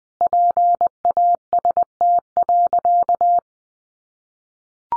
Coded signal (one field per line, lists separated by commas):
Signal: Morse code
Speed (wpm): 20 wpm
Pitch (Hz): 700 Hz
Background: none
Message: PAST.